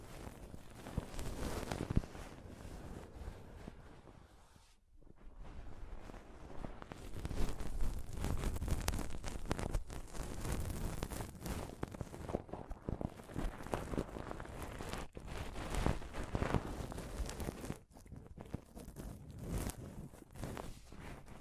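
Close-up scratching and rubbing on a microphone, a dense, rough, constantly shifting rasp with thumps, briefly dropping out near five and eighteen seconds.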